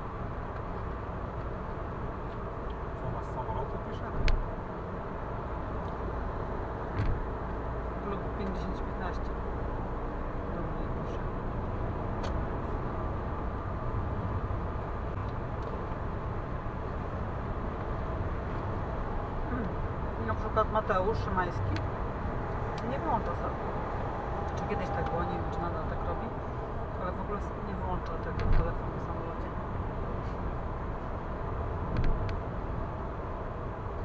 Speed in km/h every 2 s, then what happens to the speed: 107, 102, 100, 101, 103, 107, 111, 113, 113, 112, 112, 113, 113, 110, 109, 108, 106.
0-6 slows to 101. 6-14 speeds up to 113. 14-24 steady at about 113. 24-34 slows to 106.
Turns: none.